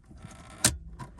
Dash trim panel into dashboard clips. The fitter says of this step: hopefully you guys can hear that click into place